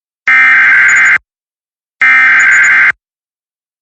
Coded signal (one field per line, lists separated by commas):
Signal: Emergency Alert System (SAME) tones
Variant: header bursts